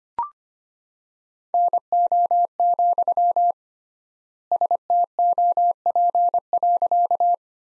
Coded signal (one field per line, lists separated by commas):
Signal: Morse code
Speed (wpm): 25 wpm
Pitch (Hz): 700 Hz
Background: none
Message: NO, STOP.